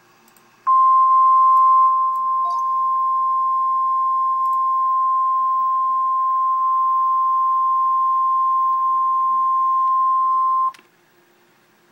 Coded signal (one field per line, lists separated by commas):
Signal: Emergency Alert System (SAME) tones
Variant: 1050 Hz attention tone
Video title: REAL EAS 845-Special marine warning